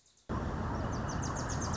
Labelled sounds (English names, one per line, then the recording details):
Wilson's Warbler
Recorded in Sonoma County, California